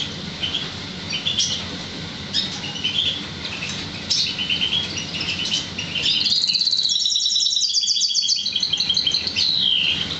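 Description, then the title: Oriental magpie-robin singing a varied, high chattering song of quick repeated notes, growing into a dense rapid trill in the second half. "Kicau Kacer"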